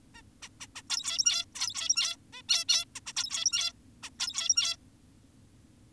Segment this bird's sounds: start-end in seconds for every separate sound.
0.14-0.22, 0.42-0.49, 0.61-0.67, 0.76-0.82, 0.90-1.45, 1.55-2.16, 2.33-2.42, 2.49-2.65, 2.69-2.85, 2.96-3.00, 3.06-3.13, 3.16-3.73, 4.03-4.10, 4.20-4.77